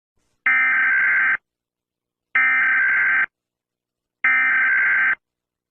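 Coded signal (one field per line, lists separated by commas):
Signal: Emergency Alert System (SAME) tones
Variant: header bursts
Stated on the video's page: Fictional short EAS scenario.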